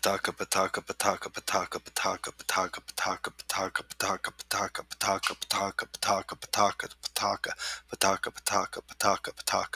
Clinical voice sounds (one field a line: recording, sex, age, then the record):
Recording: repeated syllables /pa ta ka/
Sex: male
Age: 30 to 39 years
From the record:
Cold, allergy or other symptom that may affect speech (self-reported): no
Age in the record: 35 years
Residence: Alabama, United States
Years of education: 12